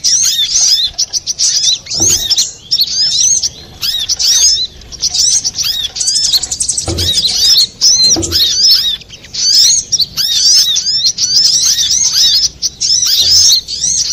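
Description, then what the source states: Little spiderhunter song, rapid high squeaks and looping whistles in lively bursts, pausing briefly now and then. Masteran, used for training cage birds.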